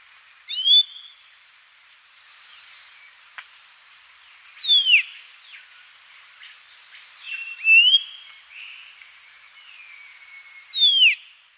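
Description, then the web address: Thick-billed euphonia: clear whistled call notes, some rising and some falling, given four times at intervals of about three to four seconds against faint high insect hiss. Recorded in the eastern lowlands of South America. "Natures Songs S America Eastern Lowlands Thick-billed Euphonia"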